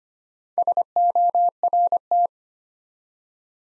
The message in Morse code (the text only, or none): SORT